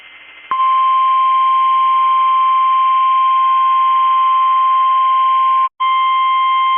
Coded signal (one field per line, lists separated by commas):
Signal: Emergency Alert System (SAME) tones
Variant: 1050 Hz attention tone